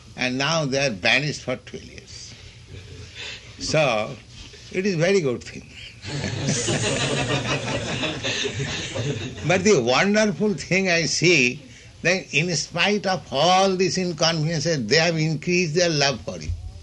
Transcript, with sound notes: And now they are banished for twelve years. So it is very good thing. [laughter] [laughs] But the wonderful thing I see, now, in spite of all these inconveniences, they have increased their love for You."